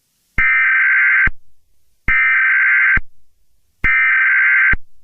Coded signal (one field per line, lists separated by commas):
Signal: Emergency Alert System (SAME) tones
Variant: header bursts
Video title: EAS Scenario: El Pablo